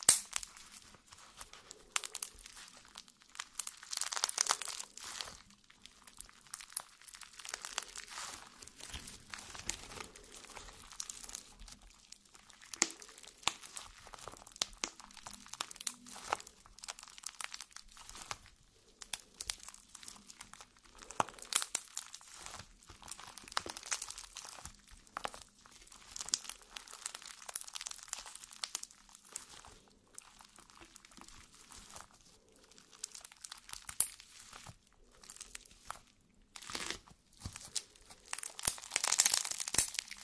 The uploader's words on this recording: ASMR Stress Relieving Jelly Sounds For Sleep.